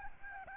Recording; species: mosquito wingbeat signal from an infrared sensor; Aedes albopictus